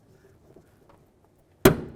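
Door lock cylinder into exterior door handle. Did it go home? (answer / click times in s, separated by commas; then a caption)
yes / 1.7 s. A door lock cylinder is pressed into the exterior door handle of a 2000-2005 Buick LeSabre front door. After a quiet stretch of faint handling noise, a sharp, loud click at 1.7 s shows the cylinder seating home, and it is then tugged to confirm it is secure.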